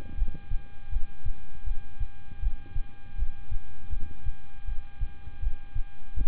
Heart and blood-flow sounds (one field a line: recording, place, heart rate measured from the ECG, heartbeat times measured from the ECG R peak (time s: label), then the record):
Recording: heart sounds by stethoscope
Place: between the tricuspid and mitral areas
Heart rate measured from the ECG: 80 bpm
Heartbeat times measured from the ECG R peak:
0.15 s: heartbeat
0.90 s: heartbeat
1.64 s: heartbeat
2.40 s: heartbeat
3.16 s: heartbeat
3.90 s: heartbeat
4.65 s: heartbeat
5.40 s: heartbeat
6.14 s: heartbeat
From the record:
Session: rest, lying down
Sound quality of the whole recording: good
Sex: male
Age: 26 years